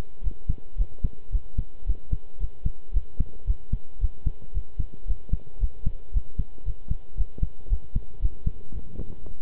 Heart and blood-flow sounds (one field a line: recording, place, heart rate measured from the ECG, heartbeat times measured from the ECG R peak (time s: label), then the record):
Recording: heart sounds by stethoscope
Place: between the tricuspid and mitral areas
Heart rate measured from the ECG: 113 bpm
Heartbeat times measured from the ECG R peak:
0.23 s: heartbeat
0.77 s: heartbeat
1.32 s: heartbeat
1.86 s: heartbeat
2.40 s: heartbeat
2.93 s: heartbeat
3.47 s: heartbeat
4.01 s: heartbeat
4.54 s: heartbeat
5.07 s: heartbeat
5.60 s: heartbeat
6.13 s: heartbeat
6.65 s: heartbeat
7.17 s: heartbeat
7.69 s: heartbeat
8.21 s: heartbeat
8.73 s: heartbeat
9.25 s: heartbeat
From the record:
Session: pedaling a stationary bicycle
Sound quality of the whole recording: good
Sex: male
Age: 23 years